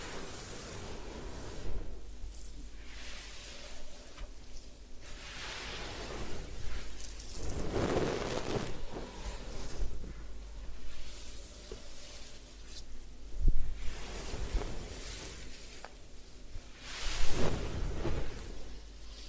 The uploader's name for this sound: Head Spa Hair Wash, Massage, Ear Cleaning